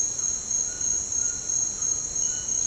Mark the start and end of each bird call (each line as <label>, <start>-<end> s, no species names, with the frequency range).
bird call (1.1-1.6 kHz), 0.25-2.44 s